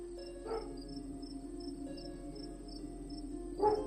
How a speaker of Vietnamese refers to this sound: Đêm rằm 15 trôi qua, tiếng chó sủa vang vọng trong ngôi làng nhỏ.